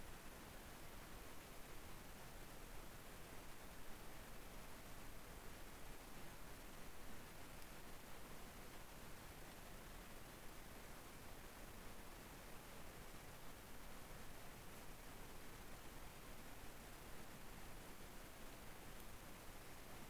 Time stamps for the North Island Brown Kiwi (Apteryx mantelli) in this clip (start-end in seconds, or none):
none